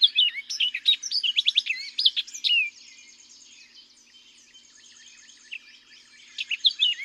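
Orchard oriole song: a rapid, varied phrase of bright whistles and chattered notes for nearly three seconds, then a pause and another brief burst of song.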